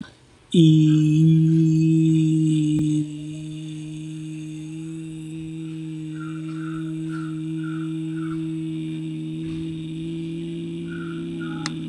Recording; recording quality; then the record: sustained vowel as in beet; moderate, slight background noise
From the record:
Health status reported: healthy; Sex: male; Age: 27 years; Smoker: yes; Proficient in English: yes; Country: India